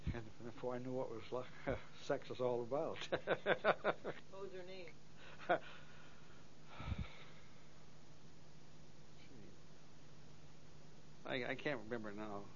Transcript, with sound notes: before I knew what was like, sex was all about. (laughs)
What was her name?...
I, I can't remember now.